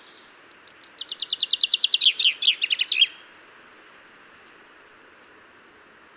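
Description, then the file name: Common chaffinch song: an accelerating, falling series of crisp notes ending in a flourish, followed by a couple of faint high notes after a pause. "Fringilla coelebs"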